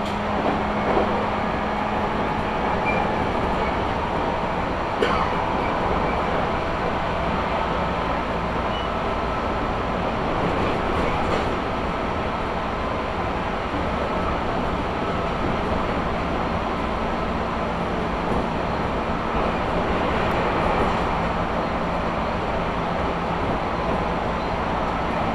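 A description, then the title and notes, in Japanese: A train ride on the Izu-Hakone Railway and Tokaido Line, heard as a steady, dense rumble of wheels and motor throughout. A low hum holds underneath, with brief clicks and rattles near 5, 11 and 20 seconds. 伊豆箱根鉄道 大場→三島 東海道本線 三島→沼津。大場までくると日が西に傾きはじめて予想以上に冷えてきました。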